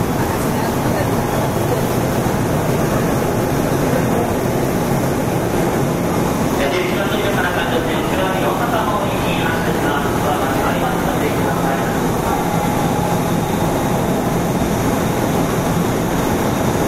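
A JR 201 series train on the Osaka Loop Line roars along with a steady, dense rumble that stays loud and even throughout. From about six seconds in, a brighter rattling, chattering layer, possibly faint voices, rides over the din before fading near twelve seconds.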